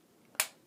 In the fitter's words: until it snaps